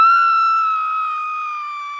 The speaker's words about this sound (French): Alors, ben, on va commencer justement avec Full Eclipse, un film de 93. On y va avec la petite madame qui crie.